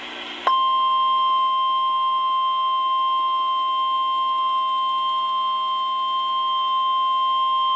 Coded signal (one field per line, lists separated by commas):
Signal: Emergency Alert System (SAME) tones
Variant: 1050 Hz attention tone